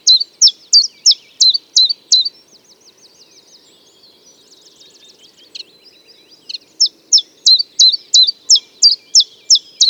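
Common chiffchaff song: a series of high, sharply falling notes, about three per second, a pause of several seconds, then the series resumes.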